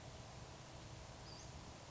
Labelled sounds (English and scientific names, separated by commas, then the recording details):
Western Flycatcher (Empidonax difficilis)
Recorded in Sonoma County, California